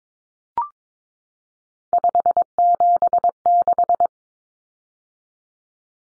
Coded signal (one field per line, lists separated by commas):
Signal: Morse code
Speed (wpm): 22 wpm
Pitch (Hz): 700 Hz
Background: none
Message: 576